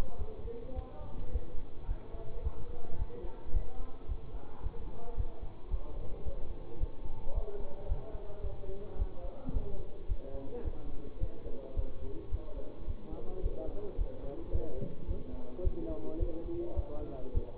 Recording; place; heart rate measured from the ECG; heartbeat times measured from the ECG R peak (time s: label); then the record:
heart sounds by stethoscope; between the tricuspid and mitral areas; 108 bpm
0.16 s: heartbeat
0.73 s: heartbeat
1.30 s: heartbeat
1.86 s: heartbeat
2.41 s: heartbeat
2.96 s: heartbeat
3.51 s: heartbeat
4.06 s: heartbeat
4.61 s: heartbeat
5.15 s: heartbeat
5.68 s: heartbeat
6.23 s: heartbeat
6.78 s: heartbeat
7.32 s: heartbeat
7.86 s: heartbeat
8.41 s: heartbeat
8.96 s: heartbeat
9.51 s: heartbeat
10.06 s: heartbeat
10.62 s: heartbeat
11.18 s: heartbeat
11.74 s: heartbeat
12.29 s: heartbeat
12.85 s: heartbeat
13.41 s: heartbeat
13.96 s: heartbeat
14.50 s: heartbeat
15.06 s: heartbeat
15.62 s: heartbeat
16.17 s: heartbeat
16.74 s: heartbeat
17.32 s: heartbeat
From the record:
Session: bicycle stress test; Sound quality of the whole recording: good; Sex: male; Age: 24 years